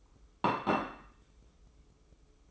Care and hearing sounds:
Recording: daily activity, microphone in the room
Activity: place plate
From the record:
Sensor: 1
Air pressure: 995.3 hPa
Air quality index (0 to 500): 29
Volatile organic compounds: 1 ppm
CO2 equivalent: 556 ppm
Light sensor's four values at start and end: 13/47/17/17 and 13/47/17/17

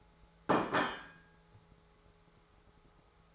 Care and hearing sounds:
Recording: daily activity, microphone in the room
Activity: place plate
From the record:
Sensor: 3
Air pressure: 1015.0 hPa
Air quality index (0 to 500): 209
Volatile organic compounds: 35 ppm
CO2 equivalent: 3058 ppm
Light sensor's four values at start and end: 20/45/20/23 and 20/48/21/24

